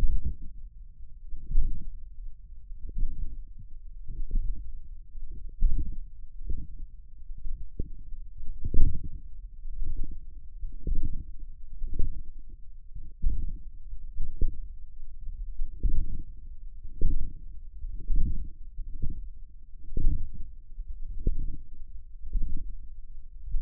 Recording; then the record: forearm muscle sounds (acoustic myography)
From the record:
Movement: radial deviation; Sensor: system 1, eight BSWA MPA416 microphones around the upper forearm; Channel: 8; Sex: male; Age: 20 years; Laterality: left